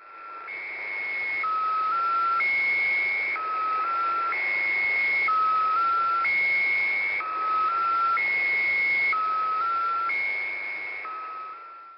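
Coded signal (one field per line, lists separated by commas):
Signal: channel marker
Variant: Squeaky Wheel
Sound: repeating rising three-note tone sequence: low note, slightly higher note, high note, over static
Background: radio static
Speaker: The sound I played is that of the modern marker, a 3-note rising tone. This started in November 2018 for reasons not known.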